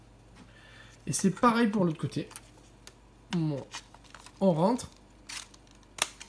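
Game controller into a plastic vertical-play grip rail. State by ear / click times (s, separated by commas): seated / 6.0 s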